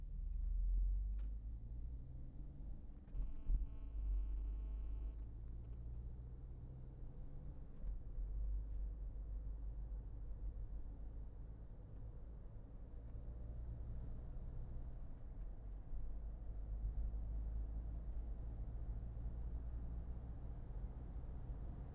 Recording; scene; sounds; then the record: everyday scene through a hearing-aid microphone; in a vehicle; engine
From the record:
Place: Berlingo II, diesel engine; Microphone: behind the ear, left, rear